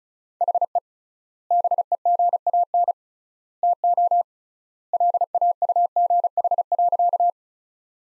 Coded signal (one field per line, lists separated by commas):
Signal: Morse code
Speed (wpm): 34 wpm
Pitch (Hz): 700 Hz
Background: none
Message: HE BEGAN TO LAUGH.